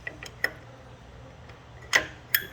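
A metal slide-on part, held by a spring-loaded pin, is slid onto a NuPak 300 packaging machine, making a series of sharp metallic ticks and knocks. The loudest come at about 0.4, 2.0 and 2.3 seconds. The pin does not engage on this first try, so nothing has clicked or latched yet.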